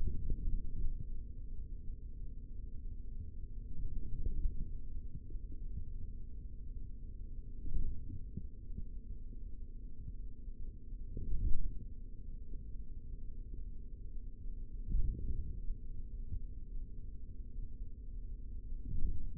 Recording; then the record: forearm muscle sounds (acoustic myography)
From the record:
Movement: forearm supination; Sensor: system 3, bracelet of six PUI Audio POM-2738L microphones around the upper forearm, with dedicated amplification and filtering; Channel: 4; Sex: male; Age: 25 years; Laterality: right